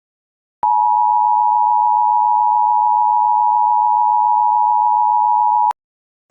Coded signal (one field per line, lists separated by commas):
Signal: Emergency Alert System (SAME) tones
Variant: 853 and 960 Hz attention tone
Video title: 21 New EAS Alarm Requested By @marthaLM7391